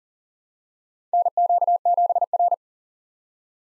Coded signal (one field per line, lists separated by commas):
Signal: Morse code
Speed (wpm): 40 wpm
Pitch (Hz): 700 Hz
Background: none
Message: NQ7R